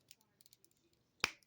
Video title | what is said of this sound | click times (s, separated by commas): My Review of the Neca Ultimate Jungle Hunter Predator | There we go. Just clicks right into place. | 1.2 s